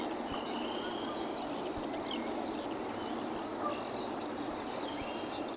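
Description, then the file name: Common kingfisher calling with thin, sharp high whistles, many notes at uneven intervals, some in quick pairs, over faint low ambient noise. "Alcedo atthis"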